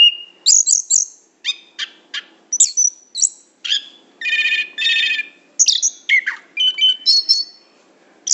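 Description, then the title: Lovebird calls: shrill squeaks and harsh buzzy notes in short groups, with a grating rasp midway and sharp chirps toward the end. Lure call (pikat) used to attract lovebirds. "PIKAT BURUNG LOVEBIRD"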